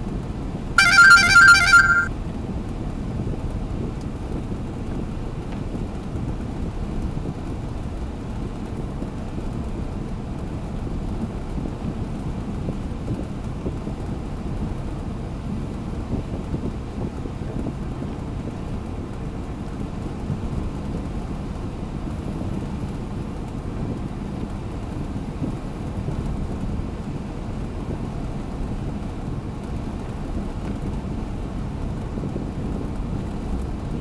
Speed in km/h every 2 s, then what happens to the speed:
89, 89, 88, 89, 89, 88, 88, 88, 89, 90, 90, 91, 91, 91, 91, 93, 93.
0-34 steady at about 89.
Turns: none.